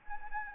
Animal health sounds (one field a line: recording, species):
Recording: mosquito wingbeat signal from an infrared sensor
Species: Anopheles arabiensis